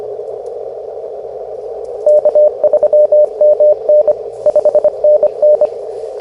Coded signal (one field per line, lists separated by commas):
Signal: Morse code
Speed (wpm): 22 wpm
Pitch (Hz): 590 Hz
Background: radio noise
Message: K3MN 5NN